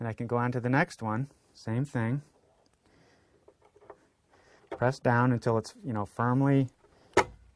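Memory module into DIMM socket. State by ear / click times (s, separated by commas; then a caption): not seated / none. A RAM memory module is picked up and lined up in its DIMM socket before being pressed down, with someone talking throughout. Between the speech come a few faint, quiet handling ticks and rustles, around 2.7 to 4.3 seconds. Nothing has seated or clicked yet.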